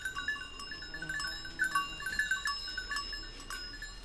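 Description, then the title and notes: Goats moving with bells, quick uneven tinkling strokes. A few goats grazing on a sloping meadow, their bells tinkling at random; Village Tipi, Route du Revard, Montcel near Chambéry, Savoie, France. "Village Tipi, Route du Revard, Chalets de la Clusaz, Montcel, Chambéry, Savoie, Auvergne-Rhône-Alpes, France métropolitaine, 73100, France - Les chèvres. Quelques chèvres broutent dans une prairie en pente, le raffiné tintement aléatoire de leurs clochettes empli l'espace, un discret criquet stridule dans les herbes"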